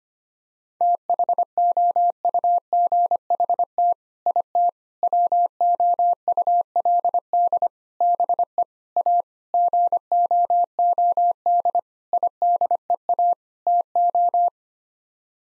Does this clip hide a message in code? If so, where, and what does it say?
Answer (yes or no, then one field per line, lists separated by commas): yes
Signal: Morse code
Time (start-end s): 0.8-14.5 s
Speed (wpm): 25 wpm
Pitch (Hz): 700 Hz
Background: none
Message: THOUGHT IT WOULD BE A GOOD IDEA TO